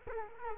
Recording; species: mosquito wingbeat signal from an infrared sensor; Culex quinquefasciatus